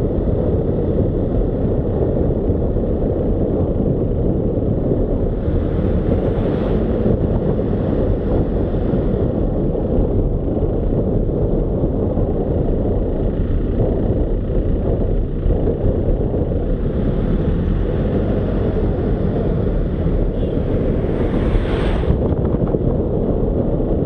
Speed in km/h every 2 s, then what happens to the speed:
29, 26, 27, 30, 29, 25, 24, 22, 26, 26, 27, 26.
0-7 steady at about 27. 7-13 slows to 22. 13-24 steady at about 26.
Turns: none.